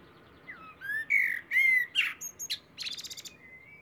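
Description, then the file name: Common blackbird song phrase: warbling whistles followed by a fast, scratchy high twitter. "Turdus merula"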